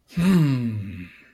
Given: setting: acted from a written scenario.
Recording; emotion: vocal sound without words; pride